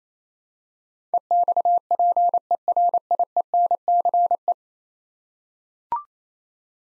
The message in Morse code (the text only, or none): EXPERIENCE